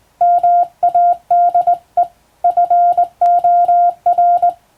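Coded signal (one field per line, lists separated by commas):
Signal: Morse code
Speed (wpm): 21 wpm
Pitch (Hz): 700 Hz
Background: none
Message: MADE FOR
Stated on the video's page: Morse practice sent by hand on a telegraph key by a first-class radiotelegraph operator, using a practice book for telegram sending.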